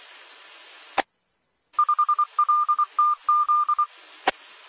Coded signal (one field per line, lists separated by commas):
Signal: Morse code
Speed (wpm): 24 wpm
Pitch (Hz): 1200 Hz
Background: none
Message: 5LTZ